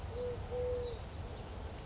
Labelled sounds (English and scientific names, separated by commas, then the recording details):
Eurasian Collared Dove (Streptopelia decaocto)
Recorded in Sonoma County, California